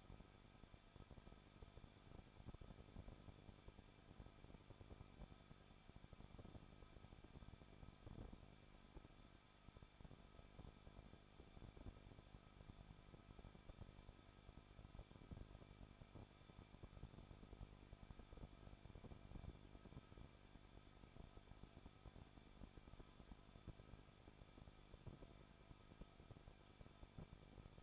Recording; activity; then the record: daily activity, microphone in the room; no activity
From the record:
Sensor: 5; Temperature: 20.8 degrees Celsius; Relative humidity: 38.6%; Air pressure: 1006.4 hPa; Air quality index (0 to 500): 192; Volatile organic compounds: 21 ppm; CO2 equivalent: 2715 ppm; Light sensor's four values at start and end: 2/3/1/1 and 2/3/1/1